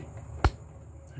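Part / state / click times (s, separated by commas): line clip onto its fitting on the engine / seated / 0.4 s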